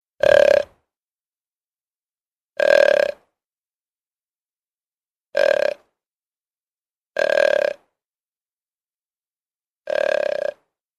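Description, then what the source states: Deer grunts: five short, low, throaty bursts, each about half a second long and spaced a few seconds apart, with silence between them. Buck (male) deer giving grunts.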